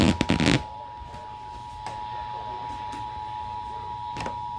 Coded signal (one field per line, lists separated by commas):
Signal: Emergency Alert System (SAME) tones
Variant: 853 and 960 Hz attention tone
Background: speech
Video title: Flash Flood Warning Extension | EAS # 133